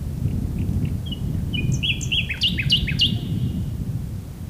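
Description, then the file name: Common nightingale song phrase: soft notes building into a series of loud whistled, rising chirps repeated in quick succession, over steady low rumbling background noise. "Luscinia megarhynchos"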